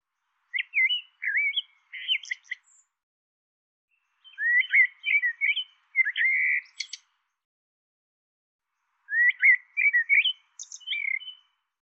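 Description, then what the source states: Bird calling in three separate bursts of quick, twisting chirps and sharp clicks, with clean silence between. Call labelled "Tu Me Tu Me".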